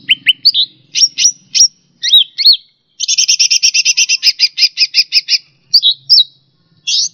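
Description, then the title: Bird song opening with bright slurred whistles, followed by a long steady series of rapid chirps, then a few final notes. "SuaraBurung Kicau4"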